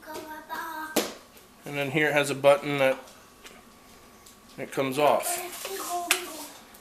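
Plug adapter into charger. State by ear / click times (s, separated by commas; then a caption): seated / 6.1 s. A plug adapter is pushed into the charger of a Minelab Gold Monster 1000 and given a quick quarter turn while someone talks. It snaps in place with a sharp click at 6.1 s.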